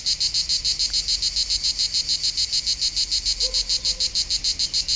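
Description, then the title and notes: Cicadas, a steady high buzz broken into rapid even pulses. Local cicadas in full activity on a hot summer day at the foot of the Molard de Vions, Vions, France. "39 Rue De BOVERON, 73310 Vions, France - Rythmique des cigales. Par une chaude journée d'été les cigales locales sont en pleine activité au pied du Molard de Vions"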